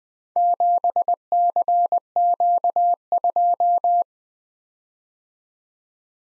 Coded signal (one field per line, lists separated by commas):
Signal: Morse code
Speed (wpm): 20 wpm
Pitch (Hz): 700 Hz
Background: none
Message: 7CQ2